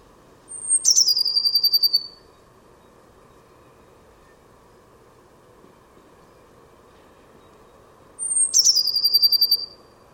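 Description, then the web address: Bird call: a thin high whistle slides into a descending buzzy trill of about a dozen pulses, given twice roughly seven seconds apart over a faint steady hum. "cianscape birddata Deverinetal 2025 Bird Only Cy Ca"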